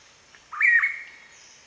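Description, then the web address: Blue pitta making a single clear whistle that rises quickly, wavers and then fades out, with a faint note or two before it. "blue pitta. صدای-پرنده-پیتای-کبود"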